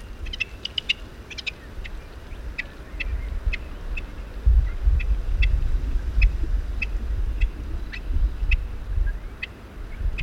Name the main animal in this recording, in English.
Rock Partridge